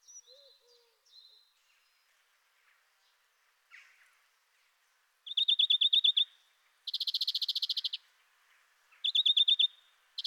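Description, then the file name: European greenfinch song building from soft scattered notes into quick ringing trills and one longer buzzy trill, then another trill at the end. "Groenling"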